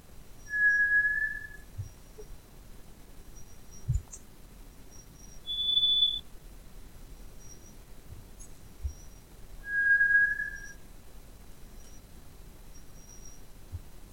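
White's thrush whistling slow, drawn-out single notes, alternating low, high, low with long gaps; faint high insect-like tones throughout.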